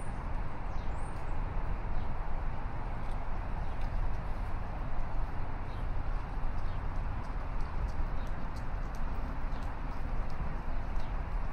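A morning walk along a downtown city river walk, carried by a steady, dense hum of traffic and city rumble that never lets up. Light ticking sounds, perhaps footsteps or hooves, repeat faintly throughout, and a brief high chirp rises near the start.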